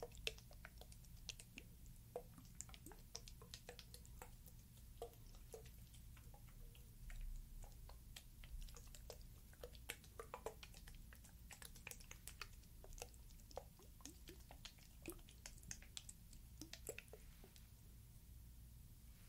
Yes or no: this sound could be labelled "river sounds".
no